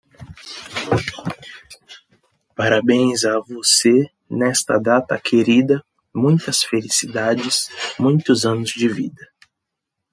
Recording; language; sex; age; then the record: short text; Brazilian Portuguese; male; 20 to 29 years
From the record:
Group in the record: control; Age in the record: 20 years